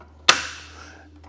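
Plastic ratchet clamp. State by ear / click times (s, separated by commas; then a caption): released / 0.3 s. The blue ratchet release knob on the wheel cradle clamp of a RockyMounts AfterParty Swing Away hitch bike rack for 2 bikes, fitted to a 2023 Jeep Wagoneer L, is pushed down until it pops at 0.3 s with a sharp, bright snap. The snap rings out over about half a second against a steady low hum, followed by a faint tick near 1.2 s. The pop releases the clamp's tension and the clamp springs open.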